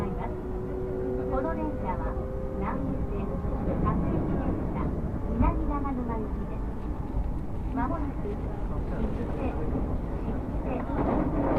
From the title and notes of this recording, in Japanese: 耳で楽しむ鉄道旅 南武線・南武支線・鶴見線。